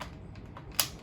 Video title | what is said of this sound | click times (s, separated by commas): Marvel Legends Haslab - Galactus - REVIEW | you hear that satisfying click over there | 0.8 s